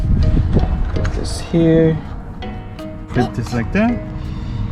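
A small plastic screw cover tab is handled and positioned at the wrapped interior door handle trim of a 2011 Subaru WRX, with a few brief handling taps while someone talks over music. Nothing has seated or clicked yet.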